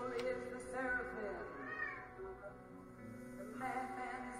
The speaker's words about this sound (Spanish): Hostia, de verdad tengo el gato más puto pesado del universo. Cuando no está en la cámara, está por ahí maullando, tocando los cojones.